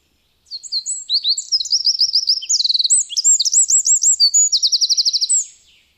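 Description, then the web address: Eurasian wren singing one loud, fast, high-pitched phrase of about five seconds, mixing sharp notes with rattling trills and ending in a rapid trill. "agykontroll Madardalok Cd 1. Ökörszem"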